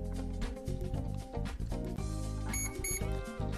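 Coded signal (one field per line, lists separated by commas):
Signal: beep code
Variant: Hobbywing ESC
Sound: two short high beeps around 2.2 kHz over background music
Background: background music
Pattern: 2 short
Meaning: Full throttle position registered; release the throttle to neutral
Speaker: when I plug it in I'm gonna hear two beats the moment I hear those two beeps I'm gonna let go of the throttle to neutral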